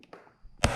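On a 2022 Yamaha R7, the center pin of a plastic push-rivet quick fastener on the other side of the passenger seat cover on the tail section is pushed down. Two faint taps come first, then a sharp click at 0.6 s releases the fastener so the cover can come off.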